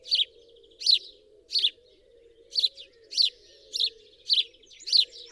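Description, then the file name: House sparrow giving loud clipped chirps at a steady pace with a brief pause midway, over a faint continuous low hum. "Passer domesticus"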